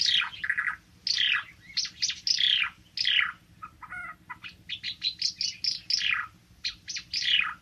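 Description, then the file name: Ara timor: songbird song of sweeping high whistled notes falling in pitch, mixed with short chips and a brief lower warble, in uneven bursts with a low steady hum underneath. "suara burung ara timor"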